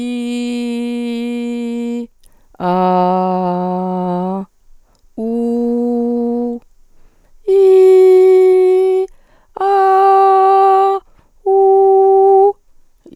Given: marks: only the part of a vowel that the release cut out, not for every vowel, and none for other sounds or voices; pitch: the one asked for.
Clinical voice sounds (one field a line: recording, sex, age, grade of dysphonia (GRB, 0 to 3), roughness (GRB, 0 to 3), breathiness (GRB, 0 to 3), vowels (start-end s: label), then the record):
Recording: sustained vowels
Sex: female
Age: 40 to 49 years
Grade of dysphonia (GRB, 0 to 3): 2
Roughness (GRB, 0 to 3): 0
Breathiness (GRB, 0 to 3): 0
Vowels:
0.00-2.00 s: vowel /i/, normal pitch
2.68-4.37 s: vowel /a/, normal pitch
5.26-6.47 s: vowel /u/, normal pitch
7.62-8.93 s: vowel /i/, high pitch
9.66-10.90 s: vowel /a/, high pitch
11.50-12.43 s: vowel /u/, high pitch
From the record:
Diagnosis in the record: functional dysphonia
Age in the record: 46 years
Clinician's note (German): Enge Artikulation